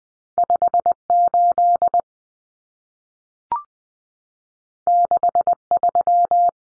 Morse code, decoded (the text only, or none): 58 63